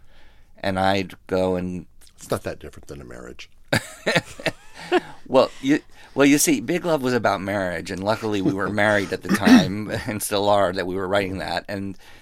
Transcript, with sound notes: And I'd go and...
It's not that different than a marriage.
(LAUGHTER)
Well, you see, "Big Love" was about marriage. And luckily we were married at the time, and still are, that we were writing that.